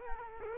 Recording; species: mosquito wingbeat signal from an infrared sensor; Culex quinquefasciatus